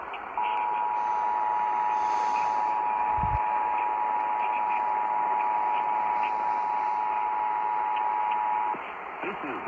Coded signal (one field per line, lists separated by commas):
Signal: Emergency Alert System (SAME) tones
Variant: 853 and 960 Hz attention tone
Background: speech